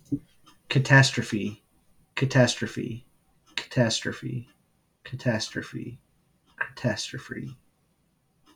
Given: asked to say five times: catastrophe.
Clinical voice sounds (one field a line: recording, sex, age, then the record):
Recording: repeated word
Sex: male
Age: 30 to 39 years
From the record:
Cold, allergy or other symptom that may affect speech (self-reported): no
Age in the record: 32 years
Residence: Missouri, United States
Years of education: 16